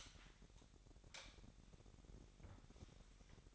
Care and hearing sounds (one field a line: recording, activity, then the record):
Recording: daily activity, microphone in the room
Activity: light on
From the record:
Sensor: 3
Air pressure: 1011.9 hPa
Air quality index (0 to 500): 234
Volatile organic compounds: 5 ppm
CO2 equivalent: 1740 ppm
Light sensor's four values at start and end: 15/35/15/15 and 17/44/18/18